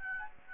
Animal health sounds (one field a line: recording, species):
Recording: mosquito wingbeat signal from an infrared sensor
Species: Aedes aegypti